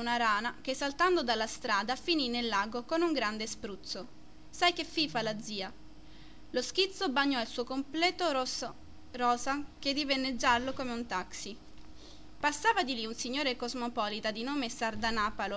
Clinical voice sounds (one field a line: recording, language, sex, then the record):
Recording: read passage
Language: Italian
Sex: female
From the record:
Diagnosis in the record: healthy control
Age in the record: 20 years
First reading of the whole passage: 47 s, 11.1 characters per second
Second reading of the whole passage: 49 s, 10.5 characters per second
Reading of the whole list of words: 45 s, 6.2 characters per second